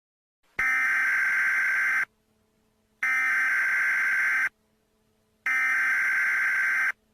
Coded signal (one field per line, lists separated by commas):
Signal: Emergency Alert System (SAME) tones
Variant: header bursts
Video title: EAS #2: Galactic Collision